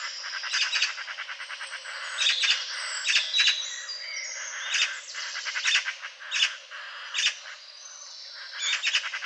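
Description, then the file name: Eurasian magpie giving harsh, rattling chatter in bursts of rapid clicks, repeated irregularly throughout. "Pica pica"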